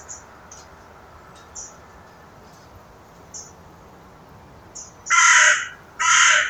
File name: Corvus corone